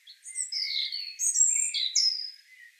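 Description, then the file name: European robin singing a fluid phrase of high, falling and sliding whistles interwoven with thin piercing notes. "Erithacus rubecula"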